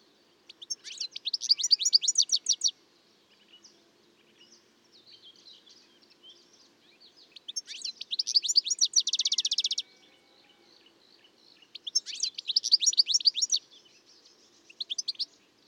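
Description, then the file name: European goldfinch singing three main bursts of lively, twittering notes and a brief fourth at the end. The middle burst ends in a rapid buzzy trill, with quiet gaps between the bursts. "Carduelis carduelis"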